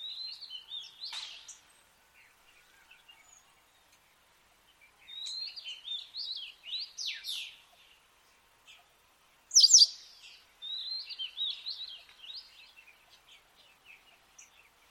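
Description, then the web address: White wagtail calls: clusters of quick, high twittering notes. A sharp, loud burst comes about two-thirds through, and fainter chirps trail off between the groups. "cianscape birddata Deverinetal 2025"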